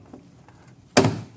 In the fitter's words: And it clicks in place.